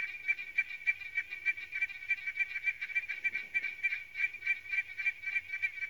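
Victorian smooth froglet calling: a fast train of clicking pulses, several a second, running steadily throughout.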